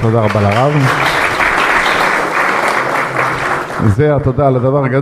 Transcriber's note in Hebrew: מחיאות כפיים